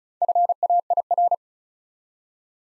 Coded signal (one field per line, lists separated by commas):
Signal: Morse code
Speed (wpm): 36 wpm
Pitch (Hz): 700 Hz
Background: none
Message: FAIR